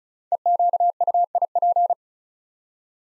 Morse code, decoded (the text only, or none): EQUIP